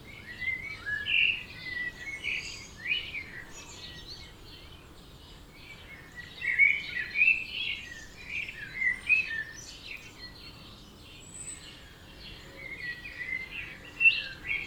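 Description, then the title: Many birds chirp and warble in high, quick notes, bursts of song alternating with brief quieter gaps. Dawn chorus at 4am in Oberhofen, Inntal, Austria; binaural, for headphones. "Birds Oberhofen Inntal Austria - 4am - binaural version"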